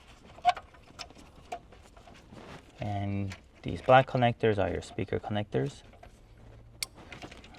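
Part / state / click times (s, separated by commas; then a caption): black speaker harness connector into mating connector / seated / 6.8 s. A black plastic speaker harness connector is pushed into its mating plug behind the radio of a 2024 Land Cruiser with JBL while someone talks. A sharp click is heard at 6.8 s, showing the connector has seated.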